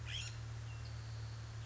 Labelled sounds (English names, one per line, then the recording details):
California Scrub-Jay
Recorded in Sonoma County, California